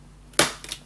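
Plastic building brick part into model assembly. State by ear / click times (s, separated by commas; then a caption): seated / 0.4 s. A plastic brick assembly is pressed into its slot on a 2025 LEGO City Scrapyard 60472 model, giving one sharp, loud snap at 0.4 s, preceded by a faint tick at about 0.3 s and followed by two smaller clicks near 0.6 and 0.7 s. The part seats in place.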